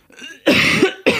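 Two short, harsh, deliberately produced coughs from an adult, the second clipped at the end, given to demonstrate a cough in someone with a slightly raised temperature of 37.3 °C who suspects Corona.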